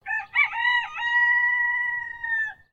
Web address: il suono del canto acuto del gallo in lontananza